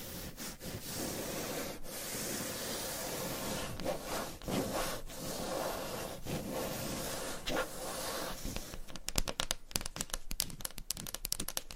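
Surface scratching fills most of the clip: a steady, dense, gritty rubbing like sawing on wood, broken by a few short gaps. After about nine seconds it turns into a rapid run of sharp, bright taps, irregular and louder than the scratching before.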